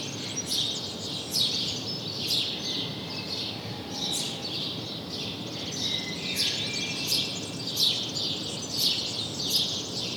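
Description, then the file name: House sparrow chirping repeatedly, sharp bright notes arriving unevenly, over continuous background hiss. "Passer domesticus"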